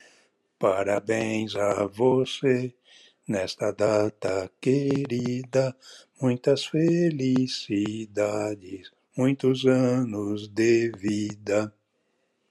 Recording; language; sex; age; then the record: short text; Brazilian Portuguese; male; 60 to 69 years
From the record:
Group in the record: control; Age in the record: 65 years